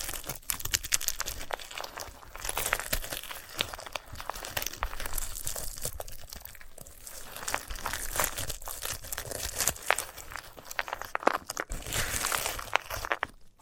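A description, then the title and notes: Dry crinkling and crunching as a sunflower head is handled, with dense, rapid crackles and rustles running through the whole stretch. The texture stays busy and bright, with sharper snaps around the eleventh and twelfth seconds and brief quieter pauses between handlings. ASMR of a Sunflower Head (No Talking).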